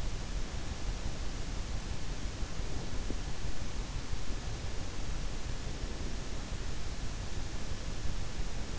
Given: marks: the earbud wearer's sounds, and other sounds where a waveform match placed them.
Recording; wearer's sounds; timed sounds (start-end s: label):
sounds in sleep by an in-ear microphone; breath
2.55-3.32 s: breath